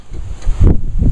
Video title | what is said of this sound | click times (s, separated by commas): Ryobi 3100 PSI Pressure Washer | the handlebars back up all the way till you hear a click just | 0.7 s